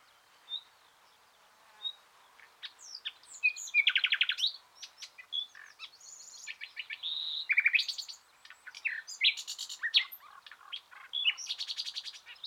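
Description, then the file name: Common nightingale singing a continuous varied song of clicks, whistles and loud rapid rattles, phrases tumbling one after another with brief breaks. "Luscinia megarhynchos"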